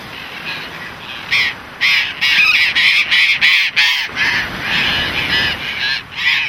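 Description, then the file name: Burrowing parrot harsh, grating screeches repeated in rapid bursts. "Loro Barranquero Voz"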